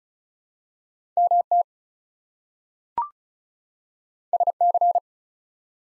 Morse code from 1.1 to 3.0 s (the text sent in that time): MT